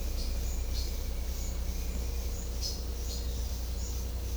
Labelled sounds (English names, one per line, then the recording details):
none
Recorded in secondary vegetation near Puerto Asís, Putumayo, Colombia, on 16 December 2024 at 12:30
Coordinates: 0.500, -76.326
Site G065